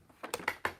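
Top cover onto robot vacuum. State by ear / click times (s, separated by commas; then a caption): seated / 0.7 s. The magnetic plastic top cover of a Narwal Freo Z Ultra robot vacuum is pressed down onto the robot. A few short tapping contacts come first, at about 0.2, 0.3 and 0.5 seconds. A sharper, louder click follows at 0.6 seconds as the cover clicks into place and is seated.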